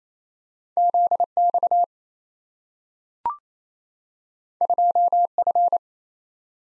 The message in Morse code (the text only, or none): ZX 2F